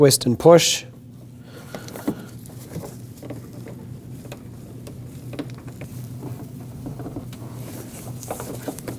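A plastic windshield washer filler neck is twisted and pushed into the washer fluid reservoir of a 2005–2021 Nissan Frontier. Someone talks briefly at the start, followed by quiet rubbing, rustling and small handling ticks against a low steady hum. The clip ends just before the neck goes home, so nothing has seated or clicked yet.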